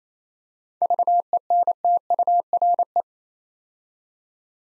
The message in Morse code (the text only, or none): VENTURE